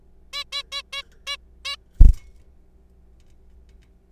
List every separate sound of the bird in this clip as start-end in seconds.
0.33-0.43, 0.53-0.63, 0.72-0.82, 0.93-1.03, 1.27-1.37, 1.65-1.75